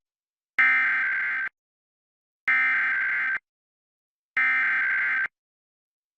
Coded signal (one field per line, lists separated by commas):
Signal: Emergency Alert System (SAME) tones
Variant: header bursts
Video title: Pennsylvania RMT for March 2025 [EAS #1,925-1,930]